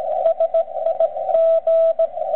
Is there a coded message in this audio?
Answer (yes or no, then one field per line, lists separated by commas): yes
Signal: Morse code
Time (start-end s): 0.2-2.1 s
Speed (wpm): 17 wpm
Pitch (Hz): 660 Hz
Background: radio noise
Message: SIG